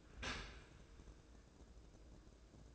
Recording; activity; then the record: daily activity, microphone in the room; open dishwasher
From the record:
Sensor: 2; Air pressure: 1012.2 hPa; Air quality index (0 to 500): 147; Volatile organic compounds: 2 ppm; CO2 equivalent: 1079 ppm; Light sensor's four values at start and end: 270/662/267/268 and 268/658/266/267